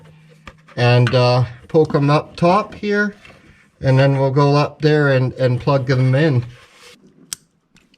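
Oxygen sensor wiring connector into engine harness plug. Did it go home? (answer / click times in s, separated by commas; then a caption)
yes / 7.3 s. Someone talks while routing the wires of a replaced upstream oxygen sensor on a PT Cruiser up top. At 7.3 s, a single sharp, strong click is heard as the sensor's plastic wiring connector is plugged into its mating engine harness plug. The connector is firmly seated.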